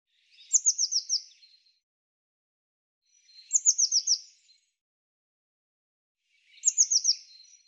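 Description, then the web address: Bird song: three high, bright phrases, each a quick run of about five descending chirped notes, repeated roughly every three seconds with silence between. "cianscape birddata Deverinetal 2025 File cleaned normalized Bird Cy Ca"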